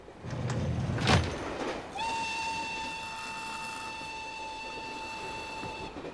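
A train rumbles along the rails with a sharp clank, then a long, steady, high whistle sounds and holds for about four seconds over the continuing rumble.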